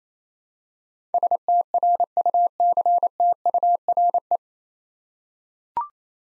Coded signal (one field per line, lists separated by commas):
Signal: Morse code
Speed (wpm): 28 wpm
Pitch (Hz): 700 Hz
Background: none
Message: STRUCTURE